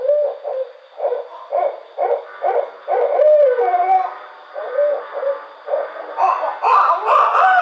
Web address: Barred Owl 2009 06 05 Barred Owl 01